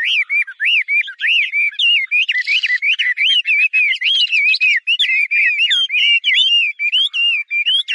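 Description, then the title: Chinese hwamei pouring out a steady, unbroken stream of loud, wavering whistles and quick slurred notes throughout. "画眉鸟的叫声"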